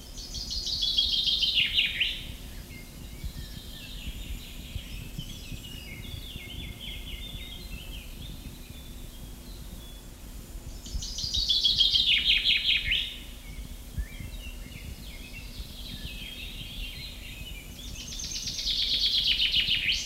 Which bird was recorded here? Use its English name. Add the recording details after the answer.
Common Chaffinch. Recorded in the wild. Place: Mežakla, Julijske Alpe, Gorenjska, SI. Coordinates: 46.4, 14. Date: 1967-06-17. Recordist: Brunner, Thomas. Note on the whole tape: Gesang eines Buchfinks